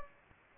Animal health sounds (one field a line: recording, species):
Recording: mosquito wingbeat signal from an infrared sensor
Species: Aedes albopictus